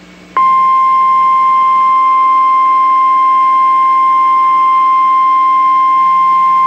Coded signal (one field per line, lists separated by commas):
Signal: Emergency Alert System (SAME) tones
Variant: 1050 Hz attention tone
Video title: EAS MOCK: TORNADO WARNING